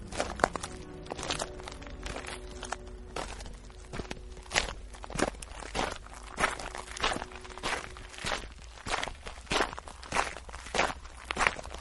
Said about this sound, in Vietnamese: Tiếng bước chân tuy ở xa, nhưng ghé tai qua cửa là nghe rõ một một, không lầm được, đúng là tiếng chân người đi, nghe rất nặng nề, như cả ngàn cân dậm xuống vậy.